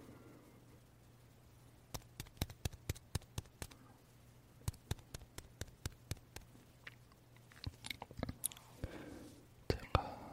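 Someone eats marshmallows, with a run of sharp, sticky clicks and smacks coming in quick bursts from about two seconds on. A low steady hum sits underneath until near the end, where softer rustling and louder mouth sounds close it out.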